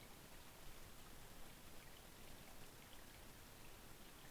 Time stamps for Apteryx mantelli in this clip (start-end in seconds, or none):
none